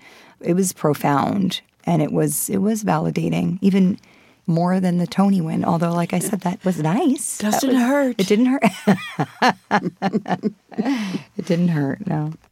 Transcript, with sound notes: It was profound, and it was validating, even more than the Tony win. Although, like I said, that was nice.
Doesn't hurt.
It didn't hurt.
(LAUGHTER)
It didn't hurt. No.